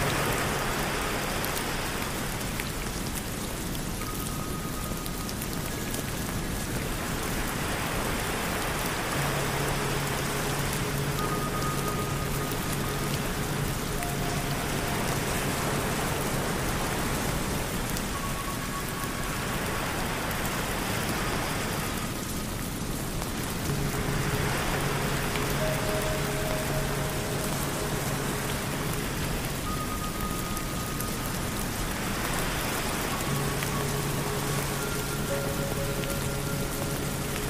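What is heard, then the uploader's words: Steady, dense rain hisses throughout, with ocean waves surging up and fading back about every ten seconds. Low, sustained ringing tones from singing bowls hum underneath, with brighter bell-like notes drifting in and out over the top. Tibetan Singing Bowls Music To Sleep With Rain Sounds And Ocean Waves in Hawaii.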